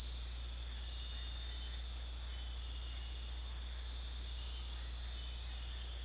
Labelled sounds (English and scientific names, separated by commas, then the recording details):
none
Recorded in dense forest near Puerto Asís, Putumayo, Colombia, on 9 March 2025 at 00:00
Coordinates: 0.503, -76.323
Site GP09